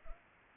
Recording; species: mosquito wingbeat signal from an infrared sensor; Culex pipiens